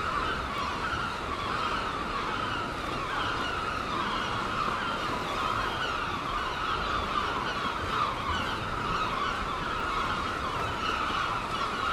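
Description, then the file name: Many gulls calling together in a continuous clamour, steady in loudness throughout. Gulls at Seaton, dated 17 03. "Seagulls Seaton 17 03"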